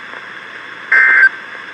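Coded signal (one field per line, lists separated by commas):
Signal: Emergency Alert System (SAME) tones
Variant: end-of-message bursts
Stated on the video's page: Severe Thunderstorm Warning relayed by a weather radio station.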